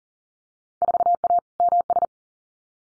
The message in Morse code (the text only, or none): 4A MS